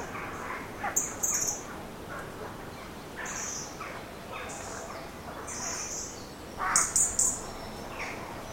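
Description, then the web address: Rooks giving hoarse, scattered caws, mixed with brief high squeaky bursts and a steady low background hiss. Many rooks calling in trees; traffic-free background. "Hollywood Edge Historical Series. Rooks in Trees"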